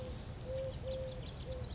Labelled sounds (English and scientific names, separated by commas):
Eurasian Collared Dove (Streptopelia decaocto)